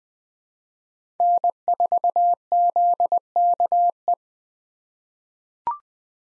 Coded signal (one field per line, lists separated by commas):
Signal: Morse code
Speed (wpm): 20 wpm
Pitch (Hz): 700 Hz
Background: none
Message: N4ZKE